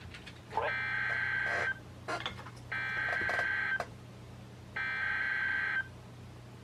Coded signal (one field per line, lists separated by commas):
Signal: Emergency Alert System (SAME) tones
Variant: header bursts